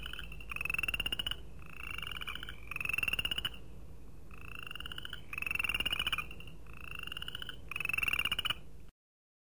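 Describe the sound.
Chorus frog trills, each a brief rising run of rapid clicks, repeated in quick succession by more than one caller, ending abruptly.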